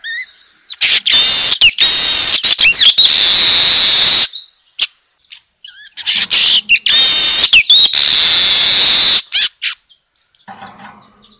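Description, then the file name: Weaver song: two long, loud buzzy chattering bursts, each around three seconds, laced with high whistled notes, separated by short pauses and softer twittering. Lure sound (pancingan) of a weaver (manyar) singing persistently (gacor). "Suara Pancingan Burung Manyar Gacor Dor"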